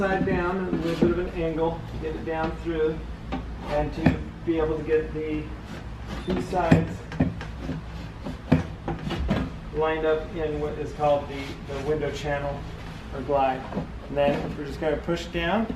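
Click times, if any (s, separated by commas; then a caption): none. On a 2009-2020 Dodge Journey door, the window glass is angled down into the door and both sides are lined up in the window channel, or glide, ahead of pushing it into the regulator clip. Someone talks over small rubbing and knocking sounds, with brief knocks near 7.4, 8.5 and 8.9 seconds. Nothing has snapped into the clip yet.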